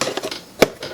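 On the second try, a modified internal gearbox part catches into place in an airsoft gearbox shell, giving a short, sharp click at 0.6 s. Lighter taps and handling knocks come before and after it, and someone talks.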